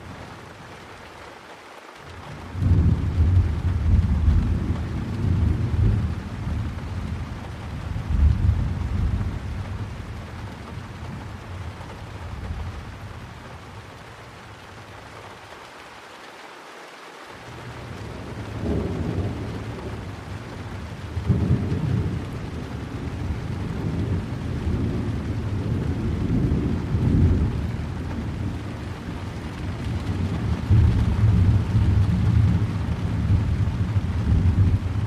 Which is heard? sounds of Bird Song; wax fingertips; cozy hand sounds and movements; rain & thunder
rain & thunder